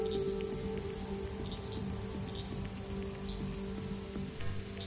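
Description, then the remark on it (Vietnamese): A dense, steady chorus of frogs and toads croaking outside at night as the rain stops, many overlapping throaty calls blending into a continuous texture, with a thin high trill running above at an even, moderate loudness and no voices. “Tiếng ếch nhái ẩn ương kêu lên làm tăng thêm sự buồn khổ cho một gia đình vừa mất đi người thân.”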